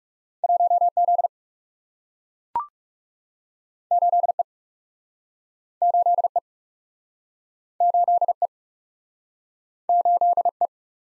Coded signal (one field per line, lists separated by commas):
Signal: Morse code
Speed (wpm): 40 wpm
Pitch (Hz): 700 Hz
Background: none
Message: 1 Z 8 E 8 E 8 E 8 E